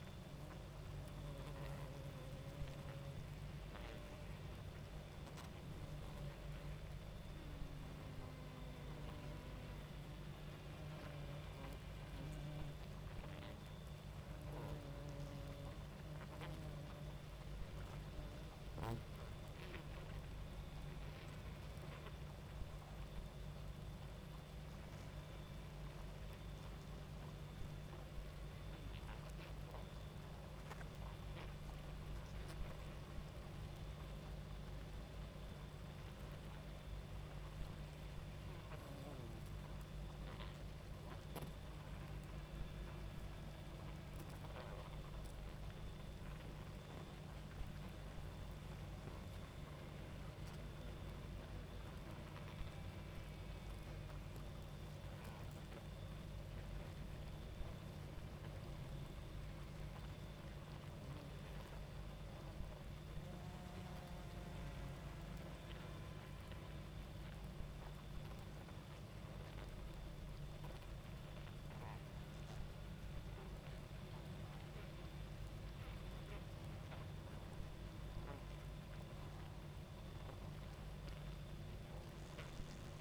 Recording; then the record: honeybee colony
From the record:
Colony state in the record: active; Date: 28 July 2017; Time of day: 23:13